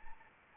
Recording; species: mosquito wingbeat signal from an infrared sensor; Anopheles arabiensis